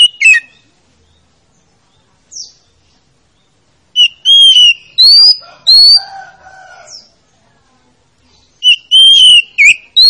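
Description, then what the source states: Oriental magpie-robin song with short whistled phrases separated by silences, a soft steady tone in between, and a final burst of sharp whistles. Played as a lure to coax a reluctant, lazy-singing magpie-robin into singing.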